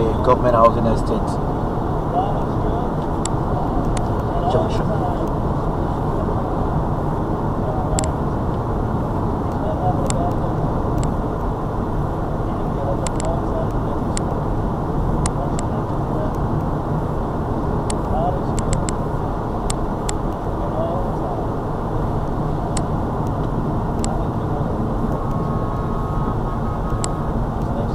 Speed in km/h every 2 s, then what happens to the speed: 66, 66, 64, 63, 61, 61, 60, 60, 61, 61, 60, 56, 50, 50.
0-21 steady at about 61. 21-24 slows to 50.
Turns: none.